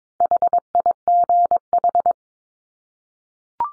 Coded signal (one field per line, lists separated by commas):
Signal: Morse code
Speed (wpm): 22 wpm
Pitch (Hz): 700 Hz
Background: none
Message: HIGH